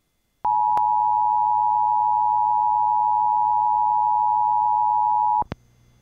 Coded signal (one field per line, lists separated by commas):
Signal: Emergency Alert System (SAME) tones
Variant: 853 and 960 Hz attention tone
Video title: EAS 1612: Madison County IN Local Area Emergency